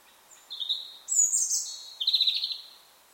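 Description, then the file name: European robin song, a continuous run of high, thin, sweet warbled notes shifting abruptly between pitches, with a trilled ending. "Erithacus rubecula"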